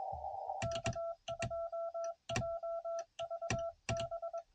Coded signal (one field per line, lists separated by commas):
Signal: Morse code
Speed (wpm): 22 wpm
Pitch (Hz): 1340 Hz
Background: none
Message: K2JVB